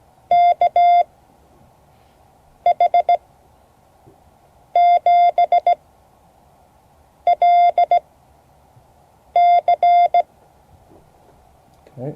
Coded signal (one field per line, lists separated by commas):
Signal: Morse code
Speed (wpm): 16 wpm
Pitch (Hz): 700 Hz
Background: speech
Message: KH7LC